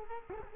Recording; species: mosquito wingbeat signal from an infrared sensor; Culex quinquefasciatus